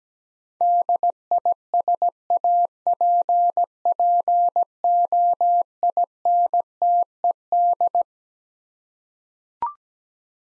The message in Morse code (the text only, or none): DISAPPOINTED